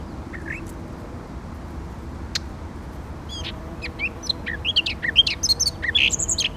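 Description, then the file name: Eurasian blackcap singing, brief high chirps that begin sparsely and then quicken into a varied warble. "Sylvia atricapilla"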